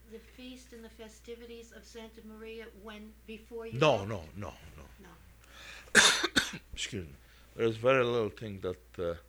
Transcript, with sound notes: the feast and the festivities of the Santa Maria before you left?
No, no, no, no.
No.
( he coughs ) Excuse me. There was very little thing that